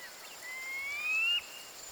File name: Golosa ptic - Buryj perepel Synoicus ypsilophorus